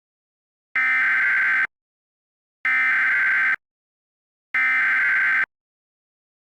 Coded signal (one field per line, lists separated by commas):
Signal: Emergency Alert System (SAME) tones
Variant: header bursts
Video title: The Midwest Uprising - An EAS Mini Mock.